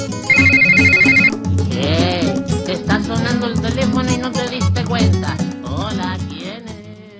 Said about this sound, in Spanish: Bueno, y está sonando el teléfono y tenemos otra comunicación telefónica.